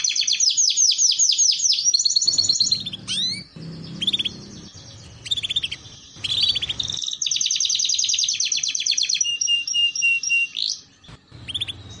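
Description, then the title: Canary song in bursts of rapid rattling trills and chattering phrases, broken by short gaps of low background noise. Belgian canary song, played to warm up canaries and to train young canaries in their song. "Canto Para Esquentar Canário Belga. Terapi Pancingan Suara Kenari Gacor || Masteran Kenari Paud Belajar Bunyi"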